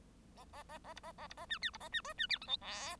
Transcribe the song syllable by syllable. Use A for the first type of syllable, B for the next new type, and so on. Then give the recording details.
A A A A B A A B A C D B A C E C D F G H. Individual Bird1